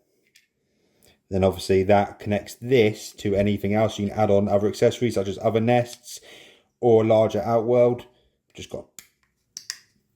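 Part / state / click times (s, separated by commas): plastic port plug into an ant nest module / seated / 9.6 s, 9.7 s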